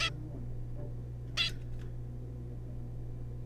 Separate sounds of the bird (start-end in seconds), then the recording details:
0.01-0.10, 1.37-1.52. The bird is a juvenile. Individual R3549